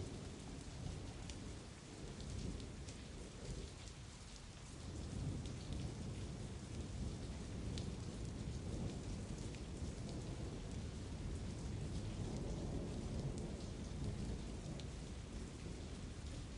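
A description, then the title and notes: A thunderstorm with steady, dense rain hissing and low rolling thunder rumbling throughout, swelling again after about five seconds. Thunderstorm sounds, thunder sounds, rain sounds. Stormy weather sounds, peaceful rain noises.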